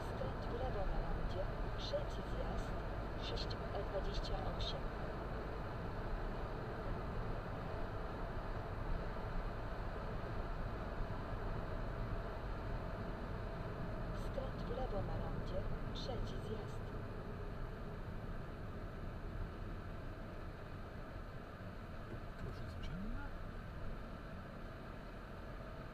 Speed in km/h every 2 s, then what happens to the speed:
70, 71, 73, 72, 70, 66, 60, 49, 39, 32, 23, 21, 23.
0-5 steady at about 71. 5-20 slows to 23. 20-26 steady at about 23.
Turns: none.